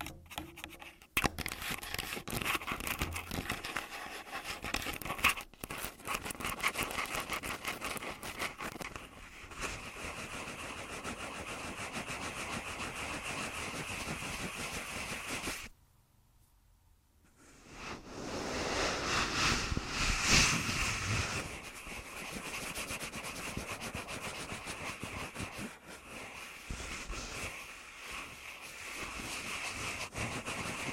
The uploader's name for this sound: Tascam Full Body Tapping & Scratching